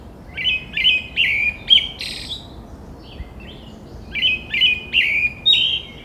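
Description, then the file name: Brown-headed thrush song: phrases of several short whistled notes with slurred endings, the first closing with a brief buzzy note, then a few quieter notes and another whistled phrase, over steady background hiss. "akahara"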